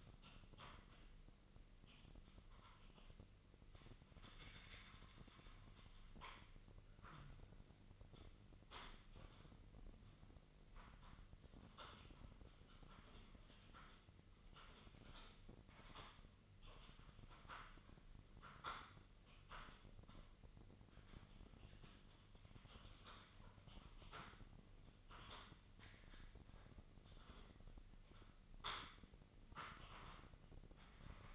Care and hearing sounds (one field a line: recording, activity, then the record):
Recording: daily activity, microphone in the room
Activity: typing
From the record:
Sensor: 4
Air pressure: 1008.4 hPa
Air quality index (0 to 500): 82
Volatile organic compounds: 1 ppm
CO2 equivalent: 652 ppm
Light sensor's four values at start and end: 15/34/14/13 and 14/33/13/13